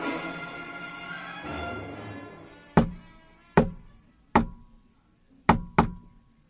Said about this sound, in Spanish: Esa era la forma peculiar en que Eduardo tocaba la puerta.